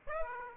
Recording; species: mosquito wingbeat signal from an infrared sensor; Aedes aegypti